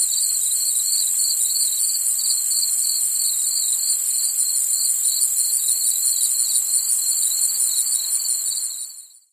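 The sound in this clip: Crickets give a high, pulsing trill over a steady shrill drone, holding level until everything fades out in the final second.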